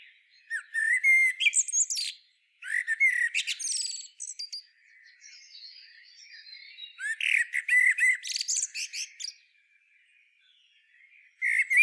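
Common blackbird song in repeated short phrases, each opening with low fluty notes and breaking into squeaky high twitters, with a faint thin trailing warble between bursts.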